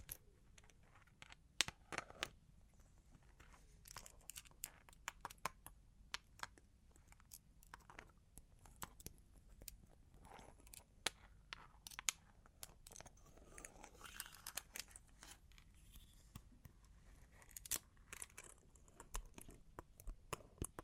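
Long claws tap and scratch in quick, irregular clicks throughout, some sharp and bright, over a low steady rumble with soft scraping between.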